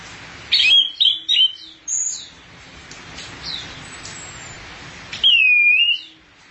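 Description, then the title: Thrush song: loud, rapid clusters of high chirped notes early on, a pause, then a long sweeping slurred whistle near the end. "burung anis x"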